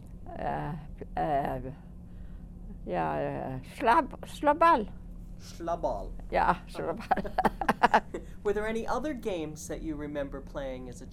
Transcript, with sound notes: Uh, schlabbal.
Schlabbal.
Yeah, schlabbal. ( they laugh )
Were there any other games that you remember playing as a child?